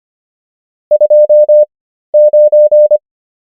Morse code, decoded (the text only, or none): 29